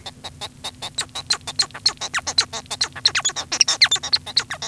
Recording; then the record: song of a male Bengalese finch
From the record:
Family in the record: son of father 1